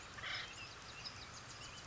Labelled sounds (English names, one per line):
Acorn Woodpecker